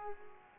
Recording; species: mosquito wingbeat signal from an infrared sensor; Culex pipiens